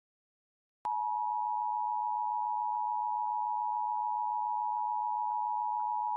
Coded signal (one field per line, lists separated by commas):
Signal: Emergency Alert System (SAME) tones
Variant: 853 and 960 Hz attention tone